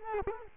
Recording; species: mosquito wingbeat signal from an infrared sensor; Culex quinquefasciatus